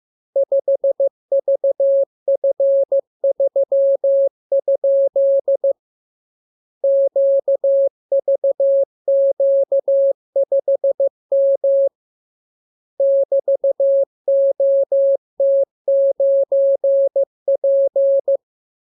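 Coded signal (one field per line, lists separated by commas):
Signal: Morse code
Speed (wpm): 15 wpm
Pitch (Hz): 550 Hz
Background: none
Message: 5VF3? QVQ5M <BT>OT9P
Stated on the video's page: Morse receiving lesson 32; radiogram opens with VVV and section sign, ends with AR.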